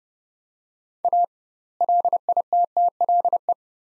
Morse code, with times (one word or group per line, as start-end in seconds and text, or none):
1.0-1.2 A
1.8-3.5 LITTLE